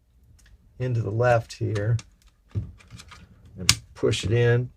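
The first memory module, lined up with the short side of its notch to the left, is being pushed down into the motherboard DIMM slot while someone talks. Faint brief taps and handling noises are heard between the speech. Nothing has seated or clicked yet, and the retention clips have not snapped shut.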